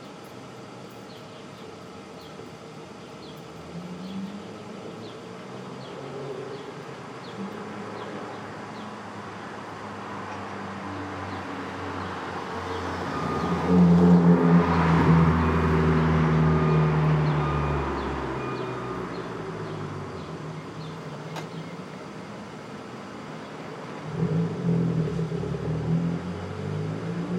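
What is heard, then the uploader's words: Street traffic at dawn, with a low engine hum that builds as a vehicle passes, loudest from about 13 to 18 seconds before fading. A shorter swell returns near 24 seconds. Faint high tones sit steadily underneath, with a brief sharp click around 21 seconds. Brooklyn Dawn, 4 - 17 - 20, Street Traffic II.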